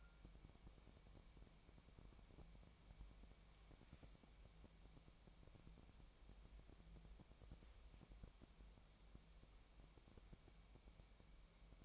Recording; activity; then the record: daily activity, microphone in the room; wipe stove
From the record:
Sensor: 1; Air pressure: 1003.3 hPa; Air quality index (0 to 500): 199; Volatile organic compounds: 6 ppm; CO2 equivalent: 1904 ppm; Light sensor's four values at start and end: 9/22/9/11 and 9/22/9/11